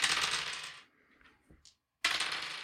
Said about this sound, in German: Genau, also ich würfel jetzt hier vielleicht ein paar, also es kann sein, ich ein paar Mal würfel, damit ich halt eine Zahl zwischen 1 und, was hatten wir, 21, 22 erwische. Von daher, es kann ein bisschen dauern, aber so soll es sein.